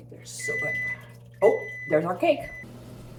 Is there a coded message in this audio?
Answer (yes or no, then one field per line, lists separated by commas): no